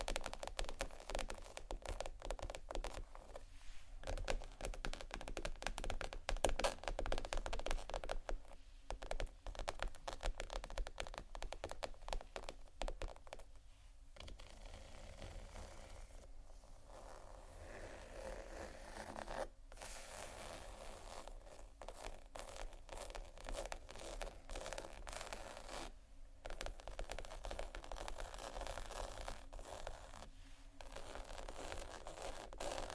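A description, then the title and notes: Textured bags are tapped and scratched in a dense, continuous crinkling rasp across the whole stretch. Brief gaps break the scratching near 4, 9, 14, 20, 26 and 31 seconds, and a faint low hum stays steady underneath. ASMR TEXTURED BAGS TAP & SCRATCH (No Talking).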